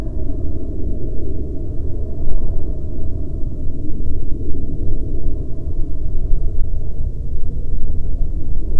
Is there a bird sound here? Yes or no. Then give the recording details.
no. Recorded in the Prudhoe Bay oil fields, Alaska, on 10 June 2019 at 17:00. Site 13